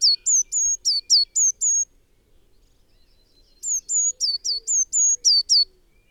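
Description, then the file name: Eurasian blue tit with two bouts of loud, high, down-slurred notes in quick succession, with a brief silence between them. "Cyanistes caeruleus"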